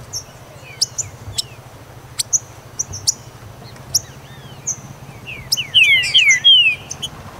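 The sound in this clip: Green-winged saltator song: a loud phrase of looping whistled notes near the end, after scattered high clicks and faint thin chirps.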